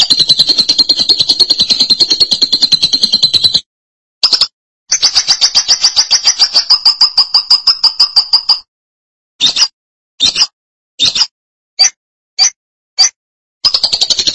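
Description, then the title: Lovebird song: extended fast, grating high chatter, a pause, another long chattering run, then a string of separate sharp chirps and a final chattering start. "BM Suara Burung Lovebird"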